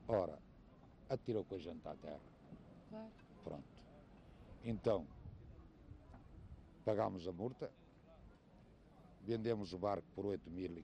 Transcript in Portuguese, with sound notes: Ora, atirou com a gente à terra.
Claro…
Pronto. Então, [pausa] pagámos a multa. Vendemos o barco por oito mil.